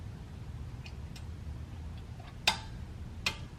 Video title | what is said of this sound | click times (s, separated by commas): How To Replace Front/Rear Brake Pads and Rotors on 2022 Buick Enclave | You can kind of hear it go click, click. And then we're gonna do this top one. | 2.5 s, 3.3 s